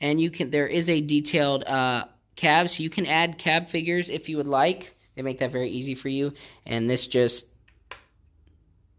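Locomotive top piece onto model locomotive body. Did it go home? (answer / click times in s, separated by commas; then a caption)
yes / 7.9 s. Someone talks while pressing the magnetically held top section of an Athearn Genesis SD70ACE George Bush 4141 model locomotive with Tsunami 2, held by two magnets, back onto its plastic body. The shell snaps back on with a sharp click at 7.9 s. It has seated but is not put on quite right, because one piece has to go under another.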